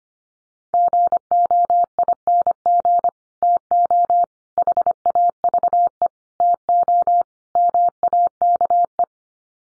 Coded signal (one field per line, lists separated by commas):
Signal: Morse code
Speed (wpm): 25 wpm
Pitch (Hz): 700 Hz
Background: none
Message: GOING TO HAVE TO MAKE